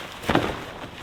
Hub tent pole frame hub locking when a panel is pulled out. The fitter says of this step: you're going to do is basically grab that handle and pull back until the frame locks into place